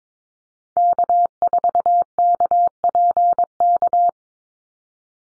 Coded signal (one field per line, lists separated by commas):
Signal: Morse code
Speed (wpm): 22 wpm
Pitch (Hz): 700 Hz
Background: none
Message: K4KPK